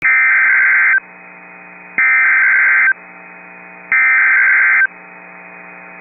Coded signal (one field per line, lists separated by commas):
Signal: Emergency Alert System (SAME) tones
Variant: header bursts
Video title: Tornado Warning (9/14/25) [EAS #313]